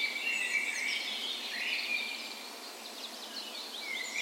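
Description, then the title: Birds in a dawn chorus, a sustained high whistle and rising slurred notes over softer background twittering from other singers. Dawn chorus in a park west in Bergen, Norway, morning of 17 May, Norway's National Day, in spring; recorded with Sony PCM A10 and LOM Usi microphones as tree ears. "17th Of May Dawn Chorus"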